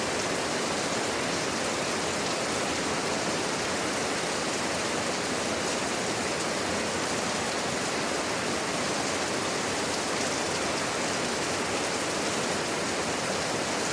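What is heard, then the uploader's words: Heavy jungle rain pours down in a dense, unbroken hiss that stays level for the whole stretch. The sound is bright, thick with countless fine drops and a faint rushing undertone, with no distinct events or other sounds rising above it. Jungle Rain Sounds.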